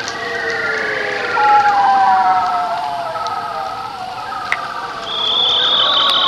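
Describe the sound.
Bearded seal trills: long warbling sweeps sliding slowly downward in pitch, several overlapping, with a higher steady tone entering near the end.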